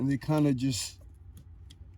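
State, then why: Seated. Someone talks, then a plastic plug-and-play Mykey Premium remote starter harness connector is pushed into the mating vehicle wiring harness connector on a 2016-2020 Hyundai Tucson. Two short, sharp clicks at 1.4 s and 1.7 s show the connectors seating together.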